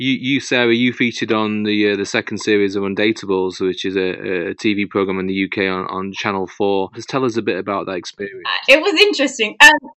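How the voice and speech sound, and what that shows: A male broadcaster asks a fluent interview question in clear, ordinary speech; a woman briefly replies at the end.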